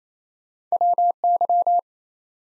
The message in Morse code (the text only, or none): WY